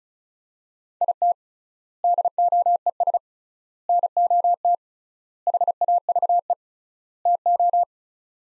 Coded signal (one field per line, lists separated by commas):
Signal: Morse code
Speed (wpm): 36 wpm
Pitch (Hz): 700 Hz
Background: none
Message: IT DOES NOT HAVE TO